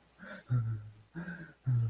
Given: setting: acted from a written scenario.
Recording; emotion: vocal sound without words; fear